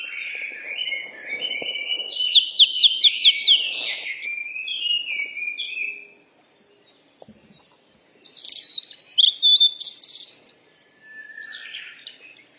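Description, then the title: Bird chirping: warbling phrases with a quick trill of upswept notes, a pause, another twittering burst, then a soft closing note. "鸟儿喳喳"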